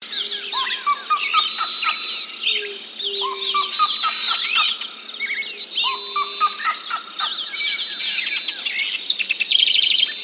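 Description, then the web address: Black-legged seriema calling in a loud, dense chorus of overlapping yelping, harmonic notes that rise and fall continuously. "cantos chunanegra"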